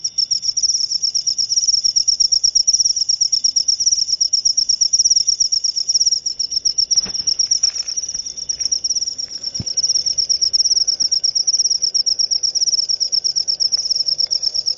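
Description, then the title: Cricket singing a sustained high-pitched pulsing trill, with a few clicks near the middle. Loud cricket chirping (ngerik), used to make lovebirds sing continuously (ngekek). "Suara JANGKRIK NGERIK Keras Bikin LOVEBIRD Jadi NGEKEK Terus Vubey"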